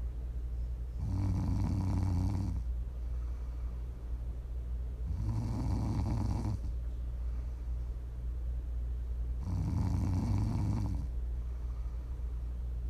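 Prime ASMR snoring from an adult sleeper: three slow, low-pitched snores, each lasting about a second and a half and coming roughly every four seconds, with quiet breathing pauses between them over a steady low background hum.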